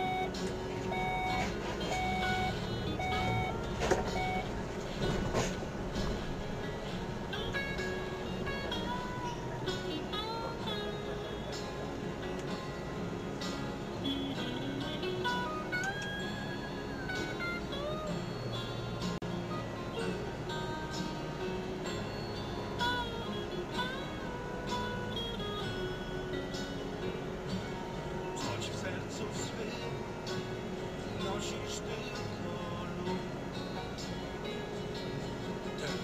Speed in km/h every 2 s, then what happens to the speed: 9, 18, 18, 15, 9, 3, 0, 0, 0, 0, 0, 0, 0, 0, 0, 0, 0, 0.
0-2 speeds up to 18. 4-11 slows to 0. 11-36 standing.